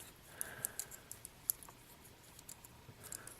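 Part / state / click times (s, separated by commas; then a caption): plastic canopy closing over the head figure compartment of a transforming robot toy / seated / 1.5 s. A plastic canopy on a G1 Headmaster Mindwipe-style transforming robot toy is closed over the compartment that houses the small Headmaster head figure. A few light plastic ticks and taps are heard, then a sharp click at 1.5 s as the canopy snaps into place. The canopy is seated and sealed shut.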